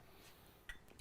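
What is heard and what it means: The edge of a blind disc or another basket is slid under the metal filter basket in the portafilter of an ECM Mechanika Max espresso machine and twisted. A sharp metallic clink at 0.7 s marks one end of the basket popping up, followed by two faint ticks near 0.9 s and 1.0 s. The basket is released and comes right out of the portafilter.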